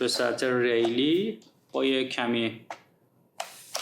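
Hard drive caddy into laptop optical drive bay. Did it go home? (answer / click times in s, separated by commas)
yes / 3.4 s, 3.8 s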